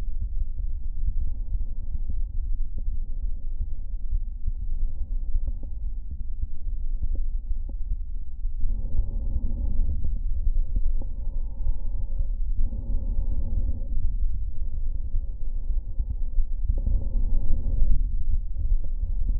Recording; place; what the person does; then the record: lung sounds by stethoscope; right anterior apical chest; quiet breathing, then deep breathing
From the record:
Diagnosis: interstitial lung disease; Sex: female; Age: 60 years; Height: 152 cm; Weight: 55.9 kg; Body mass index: 24.2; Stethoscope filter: diaphragm mode